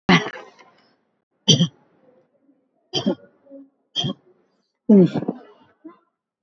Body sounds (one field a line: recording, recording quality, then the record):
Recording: shallow voluntary cough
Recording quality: excellent, no background noise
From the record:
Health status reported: recovered from COVID-19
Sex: female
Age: 65 years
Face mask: worn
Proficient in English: no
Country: India